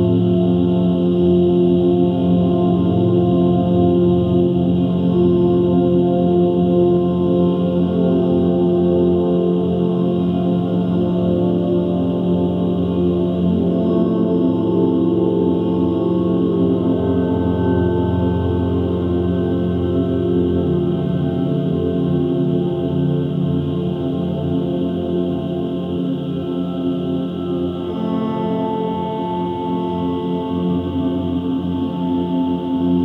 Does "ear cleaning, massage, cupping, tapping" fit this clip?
no